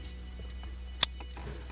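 The larger bypass-module connector of a Diablosport inTune i3 Platinum tuner PCM swap kit on a 2019-2021 RAM is pushed into its larger mating port, with a single loud, sharp click at 1.0 s over a steady low hum. Another brief sharp sound comes at 1.7 s. The connector is confirmed seated.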